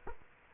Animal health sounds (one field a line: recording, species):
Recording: mosquito wingbeat signal from an infrared sensor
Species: Culex quinquefasciatus